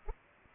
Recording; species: mosquito wingbeat signal from an infrared sensor; Culex pipiens